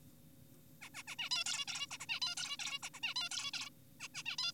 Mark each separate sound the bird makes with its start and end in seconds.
0.82-0.89, 0.94-1.03, 1.08-1.16, 1.19-1.30, 1.31-1.44, 1.46-1.65, 1.68-1.87, 1.91-1.98, 2.00-2.06, 2.09-2.20, 2.22-2.35, 2.37-2.57, 2.60-2.79, 2.83-2.90, 2.94-3.00, 3.03-3.14, 3.16-3.29, 3.31-3.51, 3.54-3.70, 4.00-4.08, 4.15-4.23, 4.26-4.36, 4.38-4.52